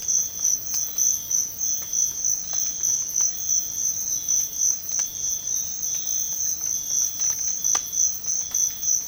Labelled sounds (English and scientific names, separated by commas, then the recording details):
none
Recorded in pastures near Puerto Asís, Putumayo, Colombia, on 12 March 2025 at 06:00
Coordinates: 0.502, -76.324
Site GP07